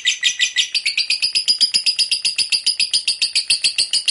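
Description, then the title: Lovebird chattering in a fast, rattling run of harsh high notes, steady and unbroken throughout. Long ngekek chatter, described as gacor (in full, frequent voice). "LOVEBIRD NGEKEK PANJANG GACOR BIKIN LATAH"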